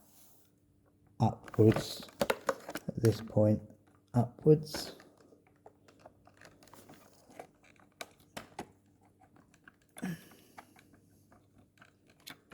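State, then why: Not seated. A replacement plastic rear wheel is handled near the axle of a Shark DuoClean FI250UKT stick vacuum cleaner while someone talks, with bursts of crinkling, rustling and light taps. Nothing has seated or clicked onto the axle yet.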